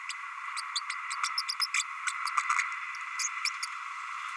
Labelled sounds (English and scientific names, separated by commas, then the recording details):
Green-rumped Parrotlet (Forpus passerinus) babbling
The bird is a male
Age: 30 days
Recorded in a nest box in Venezuela
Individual 17B32A6